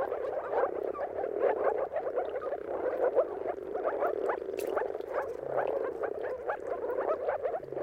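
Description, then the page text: Moor frogs calling en masse, quick bubbling notes tumbling over one another in a steady, rolling chorus, with a brief faint click. Chorus of moor frogs giving mating calls at sunrise at the turn of March and April, timing depending on the weather. "Jakub-Orzecki moor frogs. Dawn’s Chorus: Mating Calls of Marsh Frogs at Sunrise. Depending on the weather at the turn of March and April, you can witness an amazing spectacle of moor frogs"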